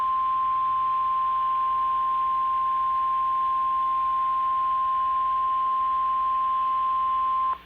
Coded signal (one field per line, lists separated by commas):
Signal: Emergency Alert System (SAME) tones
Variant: 1050 Hz attention tone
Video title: EAS Alerts #83-92: 11 Colorado Alerts which includes a Double Header EAS (6/19/2018)